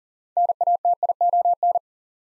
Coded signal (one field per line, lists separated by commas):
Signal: Morse code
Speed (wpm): 39 wpm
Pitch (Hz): 700 Hz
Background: none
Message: NATION